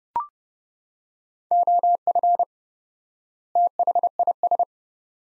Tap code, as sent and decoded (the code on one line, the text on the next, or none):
none